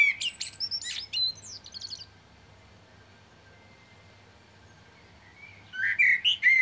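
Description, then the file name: Common blackbird song: high twittering notes, a long silence, then a new warbled, fluty phrase starts. "Turdus merula"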